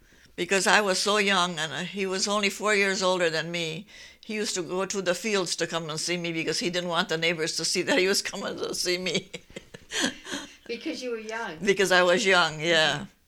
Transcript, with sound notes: because I was so young, and he was only four years older than me, he used to go through the fields to come and see me because he didn't want the neighbors to see that he was coming to see me. ( she laughs )
Because you were young.
Because I was young, yeah.